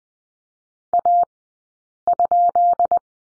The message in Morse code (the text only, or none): A?